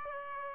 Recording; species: mosquito wingbeat signal from an infrared sensor; Aedes aegypti